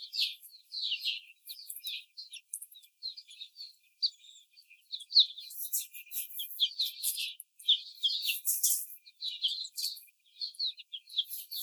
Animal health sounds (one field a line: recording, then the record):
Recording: young laying hens in a cage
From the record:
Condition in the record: after the stressor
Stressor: simulated dog barking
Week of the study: 4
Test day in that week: 2